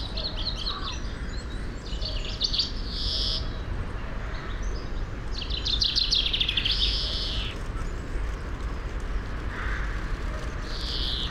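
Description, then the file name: European greenfinch giving quick twittering trills and several long buzzy wheezes spread throughout, with constant low-pitched background rumble. "Chloris chloris"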